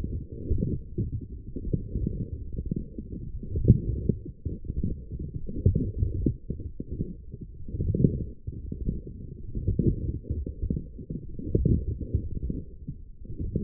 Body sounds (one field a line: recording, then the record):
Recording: forearm muscle sounds (acoustic myography)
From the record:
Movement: forearm pronation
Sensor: system 1, eight BSWA MPA416 microphones around the upper forearm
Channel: 7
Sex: female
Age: 20 years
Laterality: right